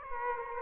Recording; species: mosquito wingbeat signal from an infrared sensor; Aedes aegypti